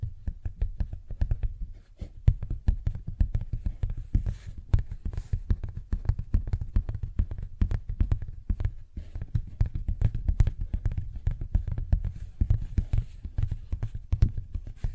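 A paper bag is tapped and scratched in a dense, rapid patter of dull, low knocks with crisp rustling clicks, steady throughout.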